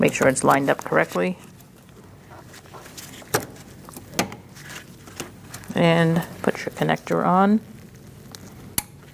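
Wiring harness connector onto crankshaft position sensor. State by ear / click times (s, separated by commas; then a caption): seated / 8.8 s. A plastic wiring harness electrical connector is pushed onto the plug of a new crankshaft position sensor on a 2000-2006 Mini Cooper 1.6L L4 while someone talks, with a few small clicks and taps in between. A sharp, loud click at 8.8 s marks the connector seating onto the sensor.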